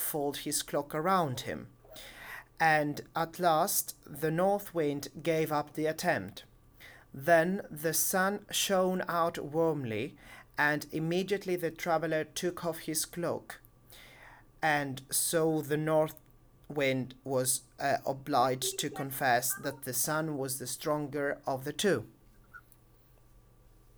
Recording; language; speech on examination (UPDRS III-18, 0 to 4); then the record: text read into a phone; English; 0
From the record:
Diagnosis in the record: healthy control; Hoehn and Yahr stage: 0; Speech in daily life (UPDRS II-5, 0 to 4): 0